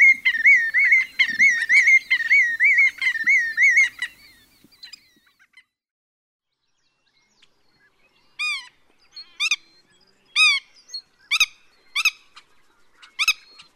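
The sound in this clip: Willet calling: about four seconds of loud rolling, wavy whistled notes, then near silence, then a run of sharp, clipped calls repeated about once a second.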